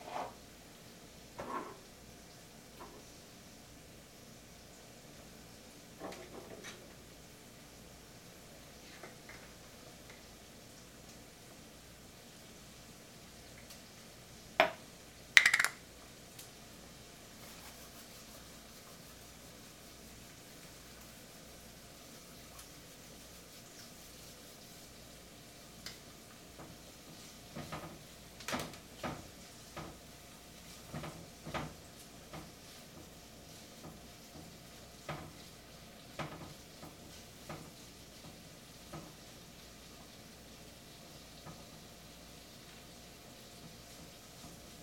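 Cooking a quick pasta meal, with a low steady hiss under scattered clicks and knocks of utensils. Two sharper clatters land around fifteen seconds, and from about twenty-seven seconds the stirring and tapping sounds grow busier and come in quick clusters.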